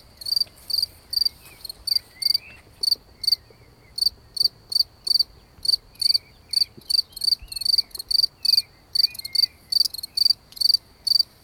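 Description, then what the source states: Cricket chirping in rapid high pulsed bursts, steady throughout, with faint bird twitters in the background. Recorded on an evening walk.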